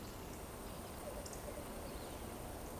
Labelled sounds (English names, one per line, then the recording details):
Eurasian Woodcock whistle
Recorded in Baden-Württemberg, Germany, on 23 June 2020 at 20:01 UTC
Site 14569, 102 m above sea level